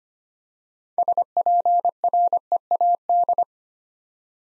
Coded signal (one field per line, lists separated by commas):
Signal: Morse code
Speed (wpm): 25 wpm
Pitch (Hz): 700 Hz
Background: none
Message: SPREAD